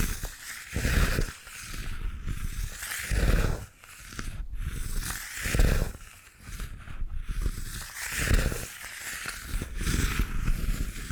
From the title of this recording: Bamboo Tapping, Scratching and Brushing Sounds